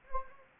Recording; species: mosquito wingbeat signal from an infrared sensor; Anopheles gambiae